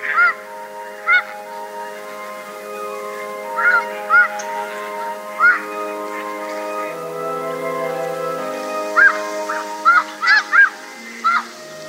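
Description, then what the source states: Snow goose honks, single nasal notes spaced irregularly, then a faster cluster near the end, over steady layered humming tones. Tokachi Plain, Hokkaido, Japan.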